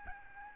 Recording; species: mosquito wingbeat signal from an infrared sensor; Aedes albopictus